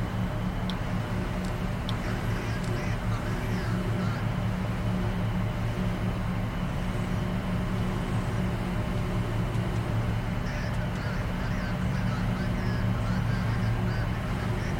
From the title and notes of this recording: Space Drift | Deep Sleep Shuttle Cabin Ambience.